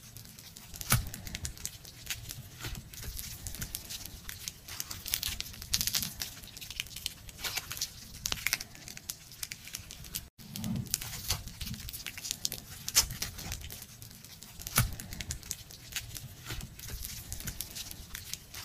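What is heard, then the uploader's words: Crunchy slime is squeezed and worked, giving a dense, continuous run of bright crackles, pops and crinkles. The texture stays busy and fairly steady throughout, with sharper snaps every second or so and a brief silent break near ten seconds. Slimecrunchy. Crunchyslime.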